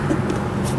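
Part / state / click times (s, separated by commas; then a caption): rubber tube into outboard intake fitting near the airbox / not seated / none. A rubber tube is handled while being fitted into the intake fitting near the airbox, between the intake manifold and the engine block of a Yamaha 40hp 4-stroke outboard during carburetor reassembly. Only a steady low hum with faint handling noise is heard, with no sharp hits. Nothing has seated or clicked yet.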